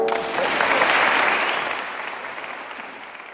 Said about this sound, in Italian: Grandi applausi ovviamente all'inventiva, penso, non tanto alla musica.